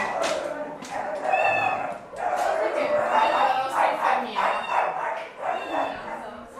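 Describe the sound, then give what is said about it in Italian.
Five puppies yip and whimper in a busy overlapping chorus on a street among houses and shacks in Cernavoda, high-pitched cries repeating steadily throughout, with short barks mixed in and a voice faintly underneath. “Hai fatto pochi metri che già hai raccolto, avete raccolto 5 cuccioli.”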